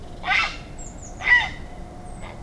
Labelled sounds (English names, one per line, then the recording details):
Eurasian Blue Tit
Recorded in Germany
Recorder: ecoPi